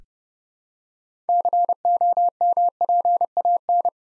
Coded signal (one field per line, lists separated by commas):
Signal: Morse code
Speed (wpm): 30 wpm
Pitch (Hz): 700 Hz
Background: none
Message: COMPAN